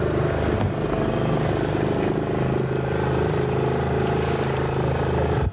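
A small motorboat on the fast-flowing, flooded Dnieper River, its engine holding a steady, loud droning hum over a constant rush of water and wind, with no talking, until it cuts off abruptly.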